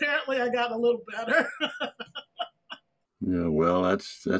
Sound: laughter

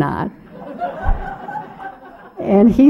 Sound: laughter

